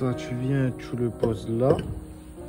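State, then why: Not seated. An oil filter element or cover with its seal is placed into the filter housing of a coach engine during an oil change, while someone talks over background music. A single thunk-like hit is heard as the part is set down. Nothing has clicked into place or seated yet.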